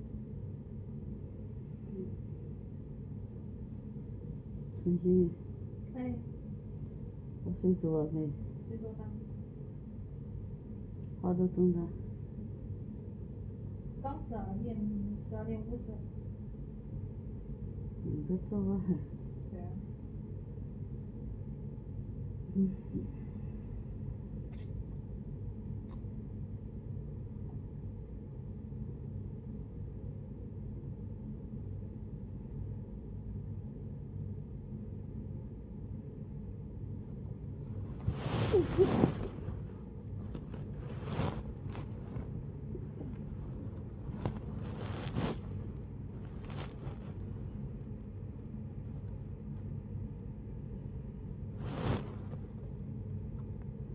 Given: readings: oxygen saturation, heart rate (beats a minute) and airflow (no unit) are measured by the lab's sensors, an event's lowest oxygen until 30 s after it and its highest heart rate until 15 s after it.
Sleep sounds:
a person awake in a sleep study, by a smartphone at the bedside; none
0.00-53.95 s: awake
From the record:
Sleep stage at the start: awake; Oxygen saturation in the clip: 96 to 97%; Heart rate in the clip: 41 to 93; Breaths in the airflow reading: 15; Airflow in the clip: -14.0 to 15.4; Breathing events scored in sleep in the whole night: 496 in 5.4 hours asleep

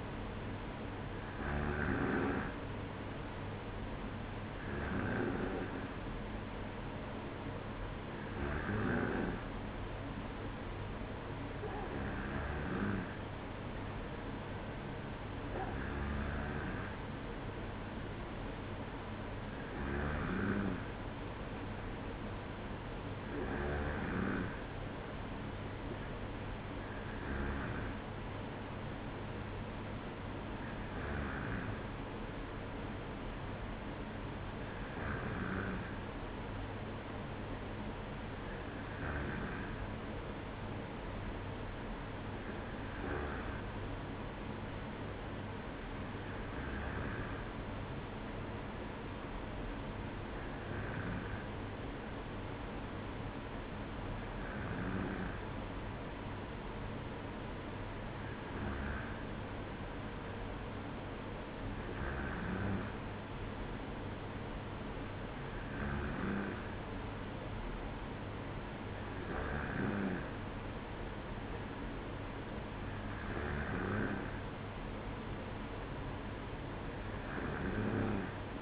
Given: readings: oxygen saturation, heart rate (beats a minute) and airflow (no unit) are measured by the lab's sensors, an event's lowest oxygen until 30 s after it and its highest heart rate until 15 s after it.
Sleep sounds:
breathing in sleep by a voice recorder at the bedside; none
none scored
From the record:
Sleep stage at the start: N2 (light sleep); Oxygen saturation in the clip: 94%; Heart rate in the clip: 55 to 57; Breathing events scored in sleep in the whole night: 305 in 9.6 hours asleep

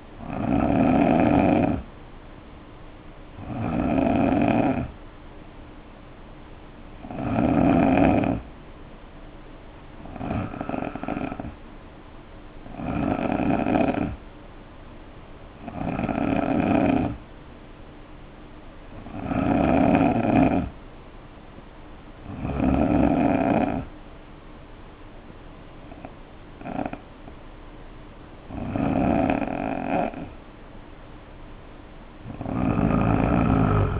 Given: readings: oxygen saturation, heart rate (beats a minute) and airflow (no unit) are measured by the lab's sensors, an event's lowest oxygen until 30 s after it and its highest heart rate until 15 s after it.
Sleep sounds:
breathing in sleep by a voice recorder at the bedside; none
none scored
From the record:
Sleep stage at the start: N2 (light sleep); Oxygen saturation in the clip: 88 to 90%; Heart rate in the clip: 60 to 66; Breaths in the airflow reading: 10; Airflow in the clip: -3.5 to 7.6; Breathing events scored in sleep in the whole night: 520 in 7.2 hours asleep

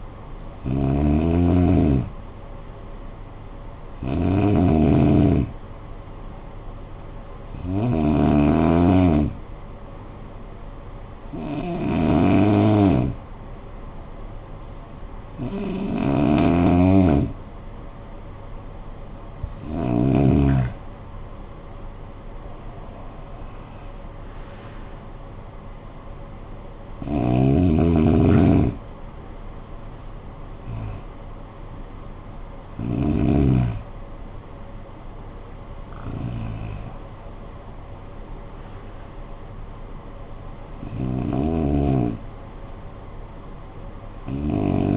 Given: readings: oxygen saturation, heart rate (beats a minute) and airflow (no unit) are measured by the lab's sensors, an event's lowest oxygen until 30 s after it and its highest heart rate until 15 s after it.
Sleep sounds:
breathing in sleep by a smartphone at the bedside; 1
6.00-22.50 s: hypopnea (N2, oxygen 96% highest, then 93% lowest, heart rate 49 at the start, 61 highest)
From the record:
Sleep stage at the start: N2 (light sleep); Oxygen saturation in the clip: 93 to 96%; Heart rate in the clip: 47 to 61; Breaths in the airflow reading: 12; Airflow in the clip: -16.7 to 14.4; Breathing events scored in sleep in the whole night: 445 in 7.6 hours asleep

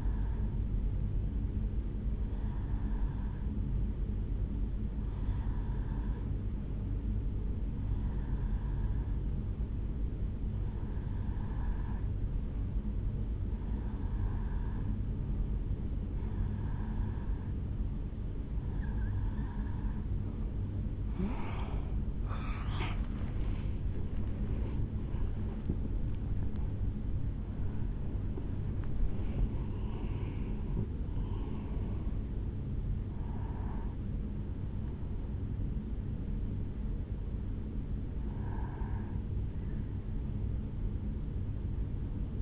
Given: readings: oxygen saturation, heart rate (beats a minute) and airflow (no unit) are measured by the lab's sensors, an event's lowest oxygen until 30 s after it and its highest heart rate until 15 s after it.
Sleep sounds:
breathing in sleep by a smartphone at the bedside; none
none scored
From the record:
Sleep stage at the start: N1 (lightest sleep); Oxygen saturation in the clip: 89 to 92%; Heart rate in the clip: 61 to 78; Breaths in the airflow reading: 14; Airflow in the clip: -6.7 to 6.9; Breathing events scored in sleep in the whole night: 449 in 7.0 hours asleep

